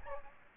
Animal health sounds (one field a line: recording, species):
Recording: mosquito wingbeat signal from an infrared sensor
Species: Aedes aegypti